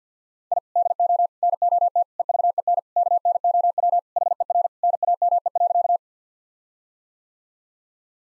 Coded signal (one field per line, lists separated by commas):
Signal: Morse code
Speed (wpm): 50 wpm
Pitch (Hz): 700 Hz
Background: none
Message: I DO NOT EVEN KNOW HER NAME.